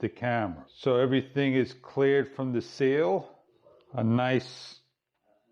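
A man talks while handling the sealed battery door of a GoPro Hero 8 Black action camera, clearing its seal before a water test, ahead of pressing it closed with a firm press. Nothing has seated or clicked yet; the door has not snapped shut by the end of the clip.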